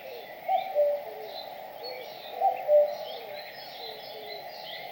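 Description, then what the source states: Bird giving a low two-note whistled call, heard twice about two seconds apart, with soft higher chirps from other birds in the background. In a forest.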